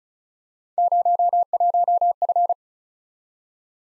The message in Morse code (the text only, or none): 01F